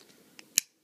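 A pile-driver arm accessory is clipped back onto the Rumble toy robot figure from the Hasbro Masterpiece Soundwave (TRU Exclusive) set. A faint tick at 0.4 s is followed by a sharp plastic click at 0.6 s. The accessory snaps into place and is seated.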